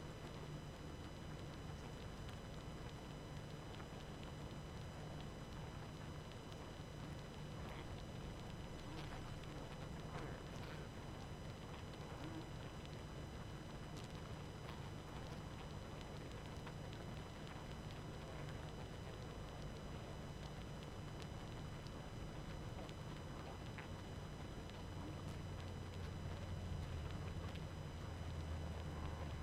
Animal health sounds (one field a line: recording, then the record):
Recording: honeybee colony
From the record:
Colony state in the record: active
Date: 12 June 2018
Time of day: 23:58